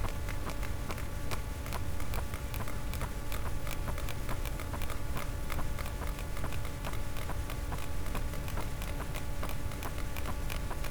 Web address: Physeter Macrocephalus cachalot positif